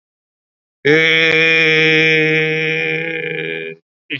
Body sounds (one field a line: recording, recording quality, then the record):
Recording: sustained vowel as in made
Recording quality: excellent, no background noise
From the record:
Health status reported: COVID-19 positive, mild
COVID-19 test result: positive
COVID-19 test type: RT-PCR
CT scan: taken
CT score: 2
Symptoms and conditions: cough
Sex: male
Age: 60 years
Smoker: no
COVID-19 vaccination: both doses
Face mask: worn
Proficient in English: no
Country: India